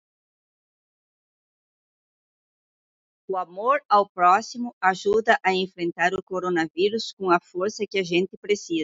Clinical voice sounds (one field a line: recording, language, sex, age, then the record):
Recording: spoken sentence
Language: Brazilian Portuguese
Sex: female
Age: 60 to 69 years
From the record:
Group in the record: control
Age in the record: 67 years